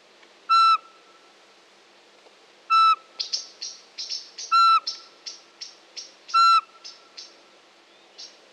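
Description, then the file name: Eurasian pygmy owl repeating a short, pure whistle four times at roughly two-second intervals, with quick high chirps in between and after. "Soweczka"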